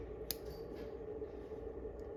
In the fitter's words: Voilà, sont tous les deux bien clipsés